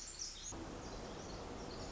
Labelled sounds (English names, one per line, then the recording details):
Pacific Wren
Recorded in Sonoma County, California